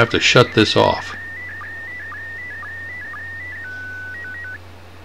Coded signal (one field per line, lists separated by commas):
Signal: SSTV (slow-scan television)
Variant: PD 120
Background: speech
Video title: 02 SSTV Part 2 Demo Image - Image size that will convert